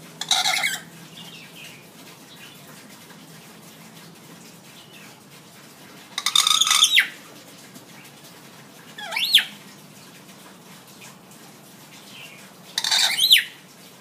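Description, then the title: Hill myna giving harsh, buzzy squawks at long intervals, mixed with a sharp upward-sweeping whistle, over low background hiss. Tutor recording for training birds; the myna is described as gacor, singing vigorously and often. "Suara Burung Beo Gacor Cocok Untuk Masteran"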